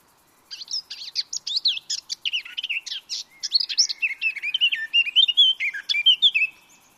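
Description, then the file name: Eurasian blackcap song: a fast scratchy warble of chattering notes that slides into clearer, lower fluty whistles near the end, one continuous phrase of about six seconds. "Sylvia atricapilla"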